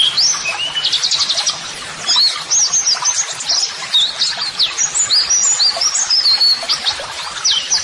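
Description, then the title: Continuous high white-eye warbling, thin whistled slurs mixed with rapid chirp runs, energetic and unbroken. White-eye singing vigorously ('gacor'), used as a model song (masteran) for training. "Pleci Gacor MASTERAN TERAPI PLECI"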